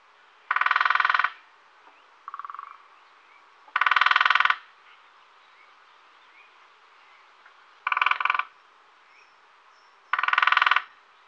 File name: lesser spotted woodpecker